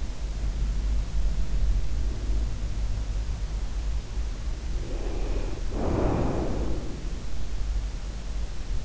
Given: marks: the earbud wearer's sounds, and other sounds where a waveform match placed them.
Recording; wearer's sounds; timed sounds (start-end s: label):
sounds in sleep by an in-ear microphone; breath
1.71-2.72 s: breath
4.64-7.20 s: breath